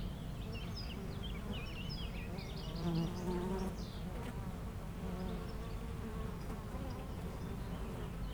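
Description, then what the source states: Honey bees buzzing steadily in a low continuous drone with harmonic bands, while birds chirp and twitter brightly in the background. Foraging honey bees flying back and forth to flowers between two hives in a garden apiary, Aix-les-Bains, France; a few birds in the neighbouring wood.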